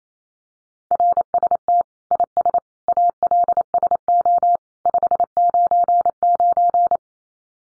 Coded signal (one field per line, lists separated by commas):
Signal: Morse code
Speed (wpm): 28 wpm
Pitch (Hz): 700 Hz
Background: none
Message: RST IS ALSO 599